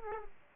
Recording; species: mosquito wingbeat signal from an infrared sensor; Aedes aegypti